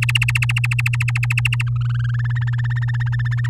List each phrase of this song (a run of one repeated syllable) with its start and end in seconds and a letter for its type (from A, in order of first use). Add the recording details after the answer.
0.02-1.63 A, 1.67-2.55 B, 2.58-3.48 C. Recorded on 8 May 2018 at 15:43. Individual llb16